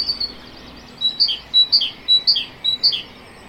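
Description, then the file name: Great tit song, a rhythmic series of high thin notes each paired with a lower slurred note. "Parus major"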